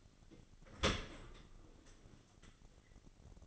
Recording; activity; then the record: daily activity, microphone in the room; open dishwasher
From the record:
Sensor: 4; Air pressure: 1003.9 hPa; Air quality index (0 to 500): 146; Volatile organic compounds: 2 ppm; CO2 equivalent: 1044 ppm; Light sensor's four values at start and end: 19/44/18/19 and 19/46/19/20